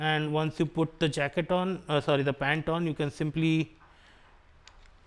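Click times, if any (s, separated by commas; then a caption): 4.7 s, 4.9 s. Someone talks about putting on motorcycle riding pants, then the waist adjustment belt buckle on the pants is pushed into its buckle receiver. Two short plastic clicks are heard at 4.7 s and 4.9 s as the buckle locks in place.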